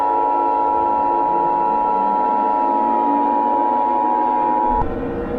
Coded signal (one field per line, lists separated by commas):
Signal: Emergency Alert System (SAME) tones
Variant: 853 and 960 Hz attention tone